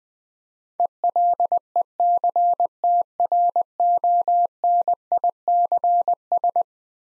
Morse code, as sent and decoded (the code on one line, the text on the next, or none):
. .-.. . -.-. - .-. --- -. .. -.-. ...
ELECTRONICS